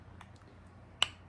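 The screw lid of a Makeup by Mario Master Mattes cream eyeshadow jar is turned shut so the cream won't dry out, with a few faint small ticks around 0.2–0.4 s. A loud, sharp click at 1.0 s shows the lid has seated closed.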